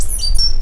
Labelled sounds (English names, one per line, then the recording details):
Stitchbird song
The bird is a male
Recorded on Tiritiri Matangi Island, New Zealand, in 2005
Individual 2, of nest box 2